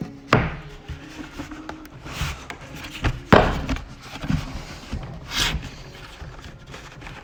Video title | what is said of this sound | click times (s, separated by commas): Radio Flyer Big Wheel - toy unboxing and building - tips | in order to make them pop let's see if i can make the noise here and you can hear it pop | 0.3 s, 3.3 s